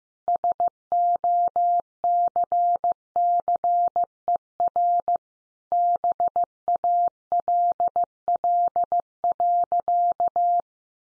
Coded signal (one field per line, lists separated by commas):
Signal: Morse code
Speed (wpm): 15 wpm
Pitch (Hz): 700 Hz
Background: none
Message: SOCCER BALL.